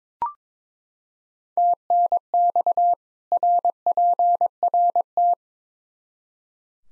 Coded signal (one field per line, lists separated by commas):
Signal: Morse code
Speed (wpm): 22 wpm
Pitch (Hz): 700 Hz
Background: none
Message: TNX RPRT